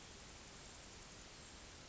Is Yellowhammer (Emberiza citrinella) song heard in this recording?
no